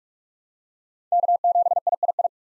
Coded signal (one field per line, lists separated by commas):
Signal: Morse code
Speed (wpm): 46 wpm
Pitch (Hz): 700 Hz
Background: none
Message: K7III